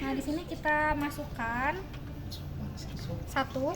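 An RJ45 Ethernet network cable plug is handled at a computer's LAN (Ethernet) port, ready to be pushed in, while a woman talks. Nothing has seated or clicked yet; the plug is not yet home in the port.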